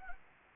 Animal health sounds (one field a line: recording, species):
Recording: mosquito wingbeat signal from an infrared sensor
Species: Anopheles arabiensis